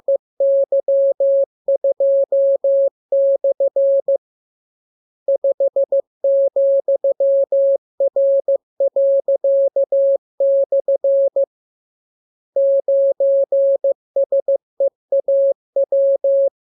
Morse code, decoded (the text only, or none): EY2/ 5,R./ 9SEAW